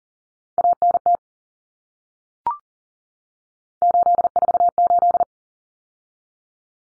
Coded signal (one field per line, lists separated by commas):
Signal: Morse code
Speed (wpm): 40 wpm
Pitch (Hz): 700 Hz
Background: none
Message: ANT 848